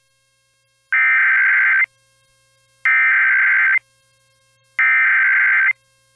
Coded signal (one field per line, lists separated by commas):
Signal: Emergency Alert System (SAME) tones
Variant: header bursts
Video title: EAS Child Abduction Emergency (AMBER Alert) Timeline Iowa Statewide NOAA Weather Radio KXI68/KIOW-FM